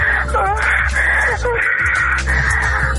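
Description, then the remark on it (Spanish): A woman pants and moans in loud, drawn-out, rhythmic cries as she reaches orgasm, three or four long vocal bursts with quick breaths between, over a steady low hum. “Mi sexo se derrite, mis jadeos comienzan a descontrolarse y mi orgasmo llega.”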